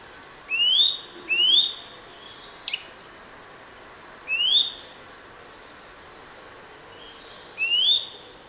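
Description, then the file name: Eurasian nuthatch giving clear, upward-sweeping whistled calls, two in quick succession, then single notes about three seconds apart, over a soft hiss. "Sitta europaea"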